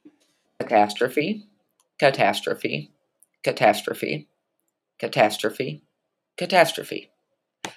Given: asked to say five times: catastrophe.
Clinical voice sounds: repeated word; female; 30 to 39 years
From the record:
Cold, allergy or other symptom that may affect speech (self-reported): no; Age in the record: 36 years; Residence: Ohio, United States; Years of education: 14

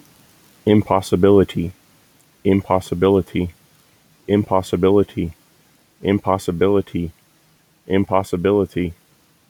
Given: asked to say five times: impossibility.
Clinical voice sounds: repeated word; male; 30 to 39 years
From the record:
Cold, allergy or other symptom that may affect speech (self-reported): no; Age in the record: 33 years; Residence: Pennsylvania, United States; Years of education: 14

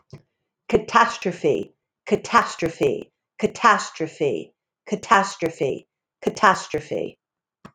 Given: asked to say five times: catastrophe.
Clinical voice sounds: repeated word; female; 50 to 59 years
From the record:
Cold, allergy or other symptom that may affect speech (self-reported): no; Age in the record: 55 years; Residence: Delaware, United States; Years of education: 16

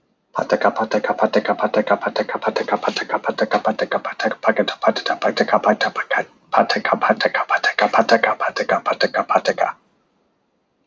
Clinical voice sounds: repeated syllables /pa ta ka/; male; 30 to 39 years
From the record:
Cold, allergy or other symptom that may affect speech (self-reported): no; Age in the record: 35 years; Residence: Washington, United States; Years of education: 17

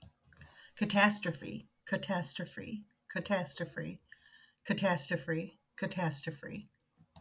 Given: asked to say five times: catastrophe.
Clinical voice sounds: repeated word; female; 60 to 69 years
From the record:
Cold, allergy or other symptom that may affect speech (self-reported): no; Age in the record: 60 years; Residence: Michigan, United States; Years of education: 13

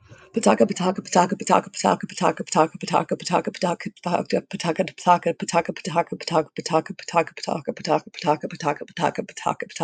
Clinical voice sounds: repeated syllables /pa ta ka/; female; 20 to 29 years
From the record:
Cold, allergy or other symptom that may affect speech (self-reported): no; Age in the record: 26 years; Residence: Idaho, United States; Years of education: 16

